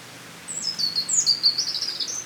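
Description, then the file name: European robin singing a continuous high, thin warble of sliding and trilled notes lasting nearly two seconds, over a quiet background hiss. "Erithacus rubecula"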